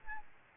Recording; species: mosquito wingbeat signal from an infrared sensor; Aedes albopictus